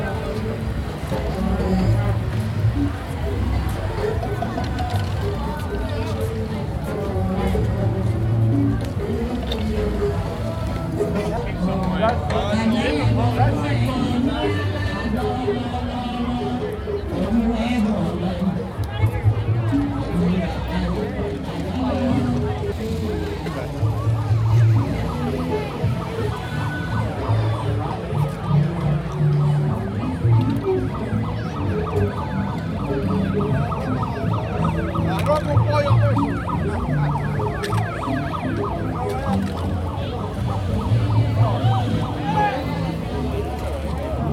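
Walking through a busy street festival, with a steady, dense wash of crowd chatter. A thumping low beat pulses underneath throughout, likely music from speakers, and a siren-like wail rises faintly in the mix. The level stays even for the whole stretch.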